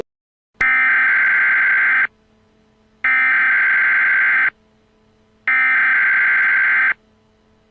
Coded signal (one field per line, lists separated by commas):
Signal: Emergency Alert System (SAME) tones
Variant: header bursts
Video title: Nuclear bomb eas prank free to use